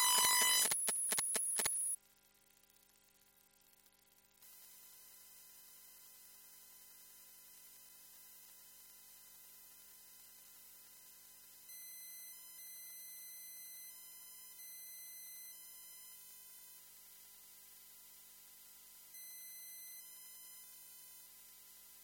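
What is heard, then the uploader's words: Electromagnetic hum from a washing machine programmer: a loud buzzing burst for two seconds, then a faint steady whine with brighter tonal stretches. Electromagnetic fields : collection of ten recordings made using induction coils. Recorded at home using a pair of phone pickup coils (modified by Jez riley French) connected to the microphone input of Sony PCM D50 recorder. Washing machine programmer.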